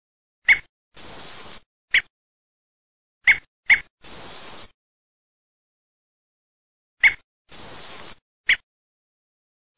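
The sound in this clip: Redwing calls: three thin, very high drawn-out seep notes, each set among sharp, dry clicks, with silent gaps between.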